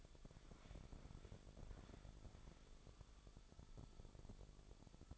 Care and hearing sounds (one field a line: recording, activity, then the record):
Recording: daily activity, microphone in the room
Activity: walk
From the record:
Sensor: 5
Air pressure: 1000.6 hPa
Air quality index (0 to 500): 140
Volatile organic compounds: 2 ppm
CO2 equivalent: 1085 ppm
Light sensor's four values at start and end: 48/113/47/50 and 49/113/47/50